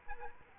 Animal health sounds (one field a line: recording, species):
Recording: mosquito wingbeat signal from an infrared sensor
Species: Culex quinquefasciatus